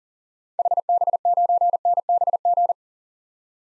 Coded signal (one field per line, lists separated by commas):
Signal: Morse code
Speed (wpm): 40 wpm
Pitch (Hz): 700 Hz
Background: none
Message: HB9NBG